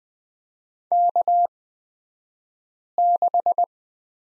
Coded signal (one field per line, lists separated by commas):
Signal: Morse code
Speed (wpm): 20 wpm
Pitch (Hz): 700 Hz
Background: none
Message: K6